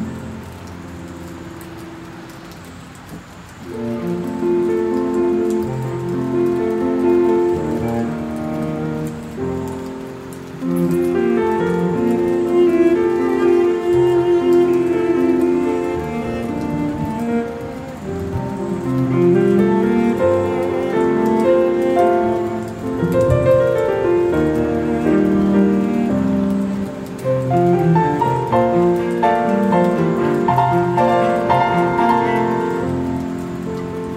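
Piano music plays over rain, starting quietly before fuller chords swell in around four seconds and continue steadily with shifting melodies.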